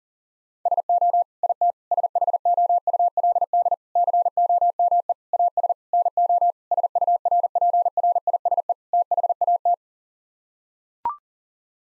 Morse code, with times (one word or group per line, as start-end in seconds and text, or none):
0.7-1.2 SO
1.4-1.7 IT
1.9-3.7 SHOULD
4.0-5.1 COME
5.3-5.7 AS
5.9-6.5 NO
6.7-8.7 SURPRISE
8.9-9.7 THAT